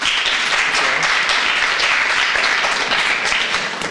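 Steady, dense applause from an audience, many hands clapping at once in a bright, continuous wash of sound that holds at an even loudness throughout.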